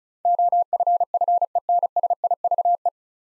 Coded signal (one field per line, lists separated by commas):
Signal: Morse code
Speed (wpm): 36 wpm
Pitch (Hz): 700 Hz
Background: none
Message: OFFENSIVE